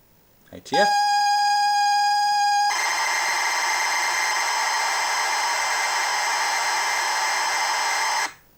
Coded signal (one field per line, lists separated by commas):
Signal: ZX Spectrum tape loading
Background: speech